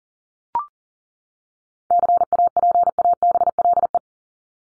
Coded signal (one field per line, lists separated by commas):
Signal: Morse code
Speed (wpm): 40 wpm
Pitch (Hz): 700 Hz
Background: none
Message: CAPABLE